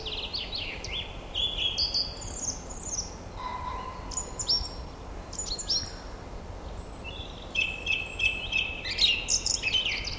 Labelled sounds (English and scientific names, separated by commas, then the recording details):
Song Thrush (Turdus philomelos) song
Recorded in the wild
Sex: male
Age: adult
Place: Marloffstein, NSG "Wildnis am Rathsberg", Bayern, DE
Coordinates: 49.6169, 11.0175
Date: 1962-04-10
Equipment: Stellavox SM 4a ohne Vorverstärker
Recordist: Tretzel, Erwin